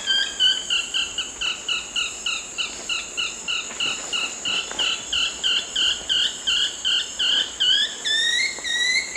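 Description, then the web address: Long-tailed woodcreeper calls, a fast series of short, high notes repeated about three times a second, with a steady high insect drone behind. Calls after playback; eastern lowlands of South America. "Natures Songs S America Eastern Lowlands. Deconychura longicauda, calls pb"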